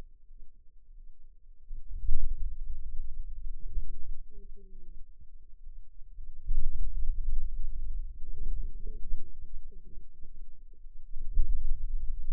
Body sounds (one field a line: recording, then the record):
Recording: forearm muscle sounds (acoustic myography)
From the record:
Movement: hand closing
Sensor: system 2, bracelet of six BSWA MPA416 microphones around the upper forearm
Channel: 1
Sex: female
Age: 21 years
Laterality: right